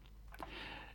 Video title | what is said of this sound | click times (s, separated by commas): PLAYMOBIL PKW's der 70er, 80er und 90er Jahre. Übersicht alte Autos. | push the seats down, the backrest locks into place. | 0.4 s